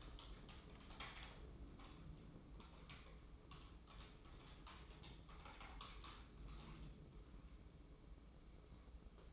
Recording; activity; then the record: daily activity, microphone in the room; typing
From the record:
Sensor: 1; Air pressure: 995.3 hPa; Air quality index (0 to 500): 28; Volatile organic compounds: 1 ppm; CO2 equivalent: 541 ppm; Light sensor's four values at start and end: 14/50/18/19 and 15/53/19/20